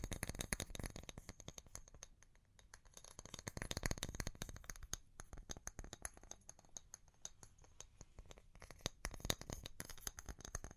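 Pure tapping: dense, rapid clicking bursts near the start, around four seconds and near nine seconds, with sparser, slower taps between, crisp and bright.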